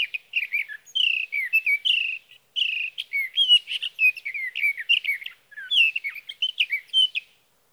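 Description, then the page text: Sage thrasher song in long bursts of rapid, musical warbling and slurred whistles, broken by two brief pauses. Male singing through the night near his night roost, evening of June 12 to morning of June 15, 2018, Sierra Valley, California; Swift recorder. "61. Sage thrasher songs, through the night. For three nights, from the evening of June 12 to the morning of June 15, 2018, in Sierra Valley, California, I placed a Swift recorder (see "Recording birdsong") near a male's night roost."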